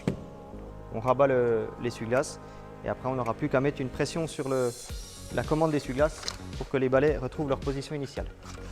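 A new wiper blade is put back on the wiper arm and pressed in, clipping in automatically with a single short click at 0.1 s. After that, someone talks.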